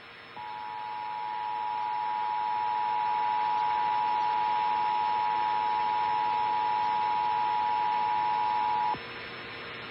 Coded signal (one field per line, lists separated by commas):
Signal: Emergency Alert System (SAME) tones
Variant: 853 and 960 Hz attention tone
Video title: National Periodic EAS - NICK - 8/7/2019